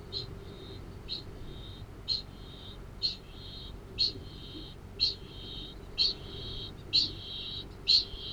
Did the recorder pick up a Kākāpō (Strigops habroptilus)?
yes